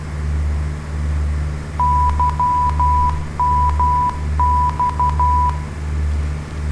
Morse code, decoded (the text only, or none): YMX